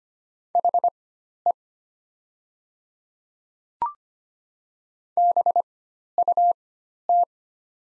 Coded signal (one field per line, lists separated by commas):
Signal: Morse code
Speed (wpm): 25 wpm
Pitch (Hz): 700 Hz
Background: none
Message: HE BUT